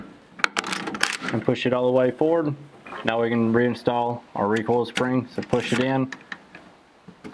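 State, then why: Not seated. A recoil spring guide is handled as it goes into a rifle receiver's dovetail, while someone talks. Sharp metallic clicks and taps are heard near the start, around 0.4 to 1.1 s, with a faint tap at 6.6 s. Nothing has seated or clicked into the dovetail yet.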